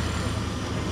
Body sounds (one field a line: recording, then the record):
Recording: background sound without coughing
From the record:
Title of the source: 30 MINUTES Construction Site Ambience (CC BY 4.0)